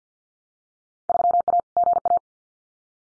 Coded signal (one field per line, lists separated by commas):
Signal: Morse code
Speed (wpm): 48 wpm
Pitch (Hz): 700 Hz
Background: none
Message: 3A GA